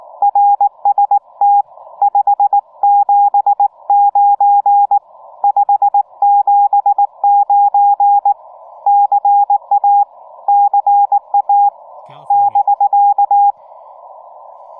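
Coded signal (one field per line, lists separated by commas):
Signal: Morse code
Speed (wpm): 18 wpm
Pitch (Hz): 810 Hz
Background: radio noise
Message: RST 579 579 CA CA <BK>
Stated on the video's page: Parks on the Air activation from Delicate Arch on 20m CW, Yaesu FT-891 at 50 watts into a 40m EFHW, battery powered, windy crowded site.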